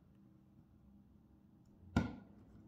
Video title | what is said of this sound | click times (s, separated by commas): COTX Broken power port quick fix - Helium Miner | hear that click and go in | 2.0 s